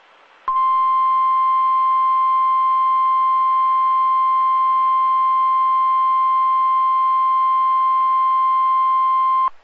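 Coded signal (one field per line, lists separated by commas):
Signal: Emergency Alert System (SAME) tones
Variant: 1050 Hz attention tone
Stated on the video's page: Severe thunderstorm warning SAME tones received on a weather radio station.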